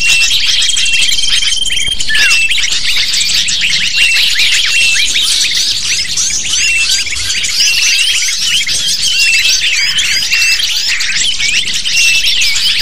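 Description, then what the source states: Lovebirds chattering loudly together, a steady stream of high twittering chirps with a long flat whistle in the first two seconds. Sound used to lure lovebirds.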